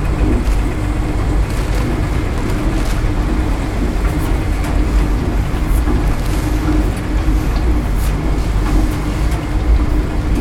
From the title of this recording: LAUNDROMAT